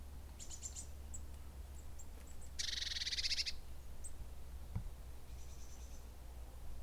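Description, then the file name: Eurasian blue tit call: a harsh buzzy churr lasting about a second, surrounded by faint high tinkling notes, with one sharp click and a low steady hum. "Cyanistes caeruleus"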